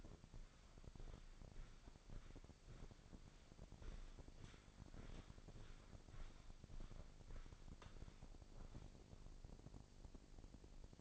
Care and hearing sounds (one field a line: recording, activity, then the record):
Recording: daily activity, microphone in the room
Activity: walk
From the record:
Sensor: 5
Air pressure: 1009.4 hPa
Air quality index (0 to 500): 147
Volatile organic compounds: 2 ppm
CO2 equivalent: 1134 ppm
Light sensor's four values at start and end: 345/823/354/395 and 344/820/353/394